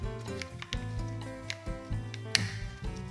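A window blind headrail is pushed into its mounting bracket clip while music plays in the background, with a few light taps before a sharp, distinct click at 2.4 seconds. The click shows that the headrail has seated in the bracket.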